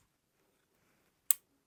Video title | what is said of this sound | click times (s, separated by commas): Kar98k Bolt Disassembly And Reassembly! | just push it over that you'll hear it click into place | 1.3 s